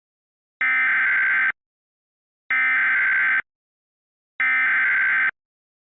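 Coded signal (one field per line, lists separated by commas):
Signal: Emergency Alert System (SAME) tones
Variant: header bursts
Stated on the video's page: Fictional scenario: a blizzard emergency alert, with voice actors.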